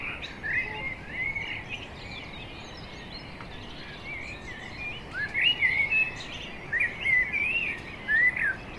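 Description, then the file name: Common blackbird, clear whistled warbles in several short phrases, some rising, over a constant hiss. "Turdus merula"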